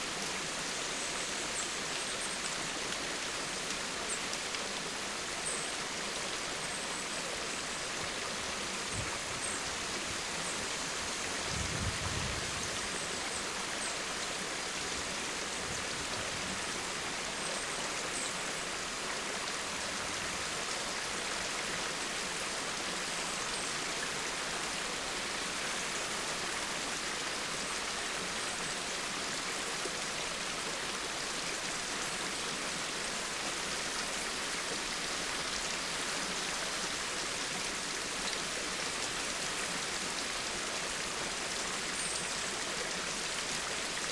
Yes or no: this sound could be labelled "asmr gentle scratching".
no